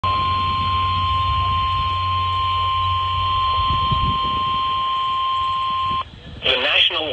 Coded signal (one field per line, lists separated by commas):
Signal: Emergency Alert System (SAME) tones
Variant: 1050 Hz attention tone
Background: speech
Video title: SVR On 107.9 FM EAS #741